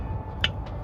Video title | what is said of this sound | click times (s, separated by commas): Money-Saving Tip: DIY Outboard Oil Change | when tightening the drain plug make sure you hear a crack | 0.4 s